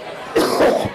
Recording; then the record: coughing mixed with background sound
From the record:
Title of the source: Coughing 77